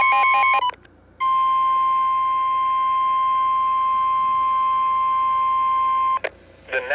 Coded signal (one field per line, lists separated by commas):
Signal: Emergency Alert System (SAME) tones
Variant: 1050 Hz attention tone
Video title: (EAS #86) severe thunderstorm warning. 5/19/2025. ￼